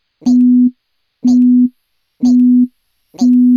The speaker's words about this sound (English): An eerie, intermittent croak. It sounded like a cricket. With a cold was picked up by radio receivers around the world.